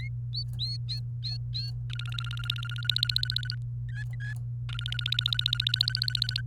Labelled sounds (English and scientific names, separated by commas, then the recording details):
Domestic Canary (Serinus canaria) song
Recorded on 28 April 2018 at 14:10
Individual llb3